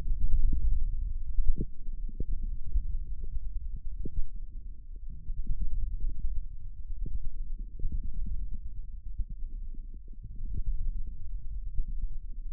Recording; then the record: forearm muscle sounds (acoustic myography)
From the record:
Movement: wrist flexion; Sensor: system 1, eight BSWA MPA416 microphones around the upper forearm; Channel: 8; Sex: male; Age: 18 years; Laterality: right